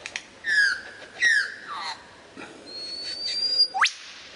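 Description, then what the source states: Lyrebird song of two descending slurred whistles and a soft falling trill, then a thin high whistle and a sharp rising sweep. Song variations.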